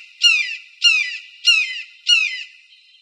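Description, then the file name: Red-shouldered hawk calling, four loud descending squealing notes, each dropping in pitch, spaced about every 0.6 seconds in an otherwise quiet background. Recorded 15 March 2003 in Arizona. "AZFO RSHA deviche"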